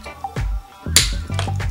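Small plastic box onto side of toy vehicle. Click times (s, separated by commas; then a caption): 1.0 s. A small plastic box is pressed onto the side of a toy vehicle, with light plastic handling taps around 0.2 s and 0.4 s. It snaps into place with a sharp, loud click at 1.0 s, followed by a softer tap at 1.4 s.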